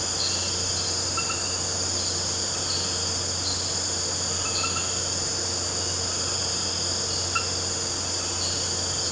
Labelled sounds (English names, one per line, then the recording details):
none
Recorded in pastures near Puerto Asís, Putumayo, Colombia, on 12 March 2025 at 19:30
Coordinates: 0.466, -76.322
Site CSA-02